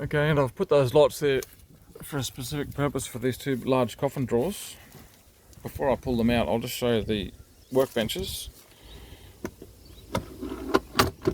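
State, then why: Seated. Someone talks for most of the clip, then a fold-up workbench panel in the drawer unit of a Delica L400 camper van conversion is raised into its upright position with a few short knocks. The panel clicks and locks into place at 11.0 s.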